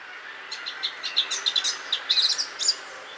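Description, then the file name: Eurasian blackcap, a quieter stretch of short chirping and whistled notes that gathers into a brief busy flourish near the end, against noticeable background hiss. "Sylvia atricapilla"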